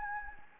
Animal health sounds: mosquito wingbeat signal from an infrared sensor; Anopheles gambiae

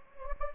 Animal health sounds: mosquito wingbeat signal from an infrared sensor; Anopheles gambiae

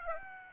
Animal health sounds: mosquito wingbeat signal from an infrared sensor; Aedes aegypti

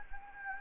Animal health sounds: mosquito wingbeat signal from an infrared sensor; Anopheles gambiae

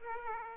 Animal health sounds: mosquito wingbeat signal from an infrared sensor; Aedes aegypti

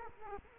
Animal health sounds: mosquito wingbeat signal from an infrared sensor; Culex quinquefasciatus

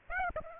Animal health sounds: mosquito wingbeat signal from an infrared sensor; Aedes aegypti

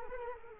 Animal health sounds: mosquito wingbeat signal from an infrared sensor; Culex quinquefasciatus

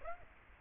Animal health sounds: mosquito wingbeat signal from an infrared sensor; Aedes aegypti

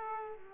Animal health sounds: mosquito wingbeat signal from an infrared sensor; Aedes aegypti

